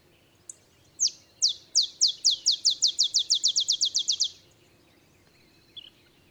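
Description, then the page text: Olive sparrow singing a bouncing-ball trill of many downslurred notes that quicken and run together, ending abruptly, with a faint chip afterward. Olive sparrow's simple songs, reminiscent of a field sparrow's bouncing-ball song; recorded early morning in Texas, 50 miles north of the Mexican border. "songs Olive Sparrow. Recording early morning just 50 miles north of the Mexican border in Texas. Birdsong for the Curious Naturalist"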